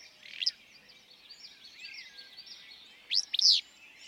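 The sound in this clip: Willow flycatcher song: a brief phrase at the start, then a loud, sneezy, burry phrase near the end, with soft bird chatter between.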